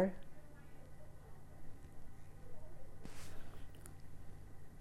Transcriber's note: none